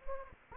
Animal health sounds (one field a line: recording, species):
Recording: mosquito wingbeat signal from an infrared sensor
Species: Anopheles gambiae